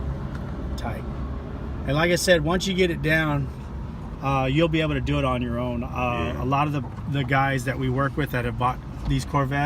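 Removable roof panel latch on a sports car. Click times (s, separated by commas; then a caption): 0.4 s. The front latches of the removable carbon-fibre roof panel on a 2017 Corvette Stingray Z06 are pushed down to lock the panel in place, without forcing it. A single sharp click at 0.4 s marks the latch locking down and the panel seating. Afterwards someone talks.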